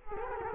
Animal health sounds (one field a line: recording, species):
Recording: mosquito wingbeat signal from an infrared sensor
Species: Culex quinquefasciatus